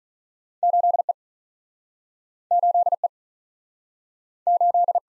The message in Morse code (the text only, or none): 8 E 8 E 8